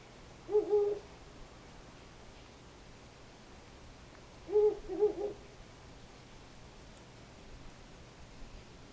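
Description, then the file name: Owl calling twice: one low hoot, then roughly four seconds later a pair of quick low hoots, with a faint steady hum underneath. "fukuroo"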